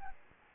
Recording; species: mosquito wingbeat signal from an infrared sensor; Aedes albopictus